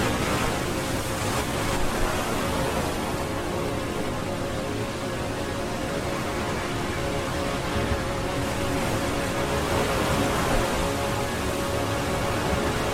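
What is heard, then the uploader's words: A slowly evolving synth pad, thick and noisy like a steady wash of hiss, holds at an even level for the whole stretch. Faint held tones run through the middle, and the brightness swells gently around the second and tenth seconds. Slowly evolving pads.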